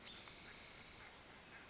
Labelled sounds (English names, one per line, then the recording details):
Spotted Towhee
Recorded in Sonoma County, California